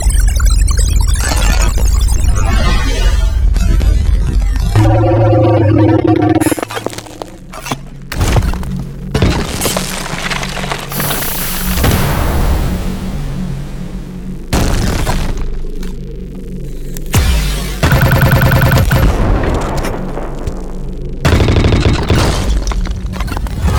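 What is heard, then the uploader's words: A collage of alien creature sounds and sci-fi textures shifts abruptly every few seconds: rough crackling and shattering bursts, a warbling pitched cry around five seconds, harsh hissing sweeps, and a low droning hum underneath. Loud and constantly changing throughout. Alien Creature Sound Effects. Sci-fi sound effects and textures. Delivered in 96 kHz, 24-bit. Created using hardware synthesizers and field recordings.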